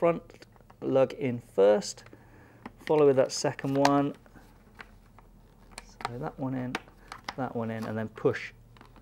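Someone talks while fitting the plastic visor pivot side cover onto the shell of an LS2 Explorer or Explorer Carbon motorcycle helmet, hooking the front lug in first and then the second lug before starting to push. Small handling clicks and taps are heard between the words. Nothing has seated or clicked yet.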